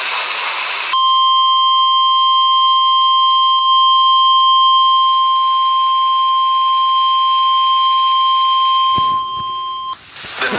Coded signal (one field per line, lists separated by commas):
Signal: Emergency Alert System (SAME) tones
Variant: 1050 Hz attention tone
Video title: Severe Thunderstorms (EAS 139-145) 5/6/23-5/7/23